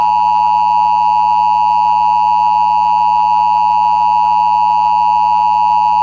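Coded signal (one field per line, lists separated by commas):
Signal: Emergency Alert System (SAME) tones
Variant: 853 and 960 Hz attention tone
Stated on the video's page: Recreation mock of a Tornado Warning as relayed on a cable system, with valid tones and a double relay including a cable company relay.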